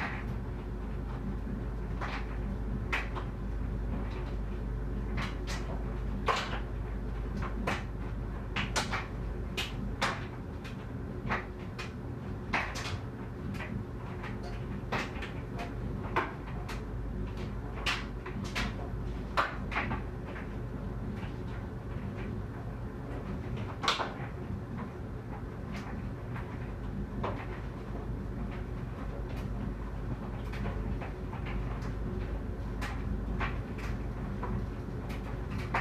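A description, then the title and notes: A dryer tumbles with a steady low rumble and hum, while frequent sharp clicks and knocks from items hitting the drum recur irregularly throughout. It's laundry day and the dryer tumbles.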